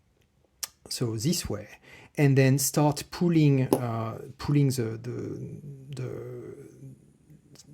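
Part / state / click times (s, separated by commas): internal blocking element in a pin-tumbler lock cylinder / seated / 7.6 s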